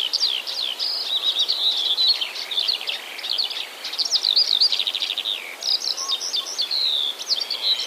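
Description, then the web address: Eurasian skylark song: fast, unbroken high twittering with buzzy trills and sharp chirped notes, briefly dipping in loudness before resuming. "wroblowe kolekcja skowronkipolne"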